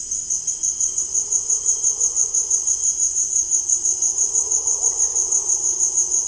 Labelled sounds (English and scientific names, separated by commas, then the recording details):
Russet-backed Oropendola (Psarocolius angustifrons)
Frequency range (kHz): Russet-backed Oropendola (Psarocolius angustifrons) 1.2-3.3 kHz
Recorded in dense forest near Puerto Asís, Putumayo, Colombia, on 23 June 2025 at 17:30
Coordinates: 0.481, -76.323
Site G072